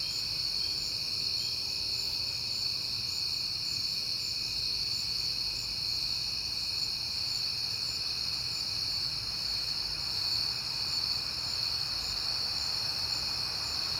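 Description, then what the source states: Crickets chirping in a dense, continuous high-pitched chorus with several steady layered tones, over a faint low rumble. Recorded at night in September on a peaceful night; the recordist had been hearing crickets a lot that month.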